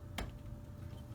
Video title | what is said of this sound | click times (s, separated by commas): Samsung Red Screen TV repair Bad T CON board LCD DIY | you got that ribbon in their seats far enough you should feel it snap and pop into place that's how you know you got a good bite and location | 0.2 s